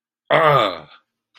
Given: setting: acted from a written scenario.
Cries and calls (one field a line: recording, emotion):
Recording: vocal sound without words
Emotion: elation